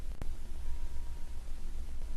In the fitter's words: When it's positioned correctly over the plug, it should snap right in.